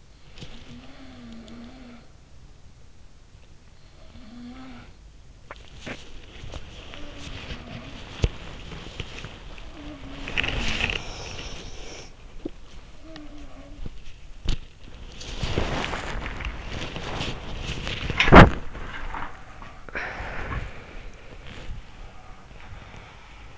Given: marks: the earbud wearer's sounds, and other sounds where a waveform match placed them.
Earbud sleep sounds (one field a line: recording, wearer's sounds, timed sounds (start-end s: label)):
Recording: sounds in sleep by an in-ear microphone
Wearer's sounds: body movement, swallowing, breath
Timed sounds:
0.00-1.12 s: body movement
0.24-2.11 s: sound from someone else or the room
3.86-5.02 s: sound from someone else or the room
5.31-22.41 s: body movement
5.41-5.66 s: swallowing
19.84-20.77 s: breath
22.04-23.58 s: breath